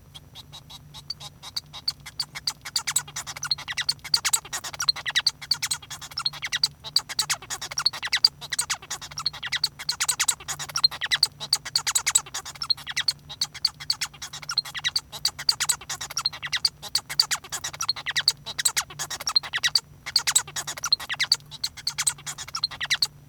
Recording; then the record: song of a male Bengalese finch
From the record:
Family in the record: son of father 1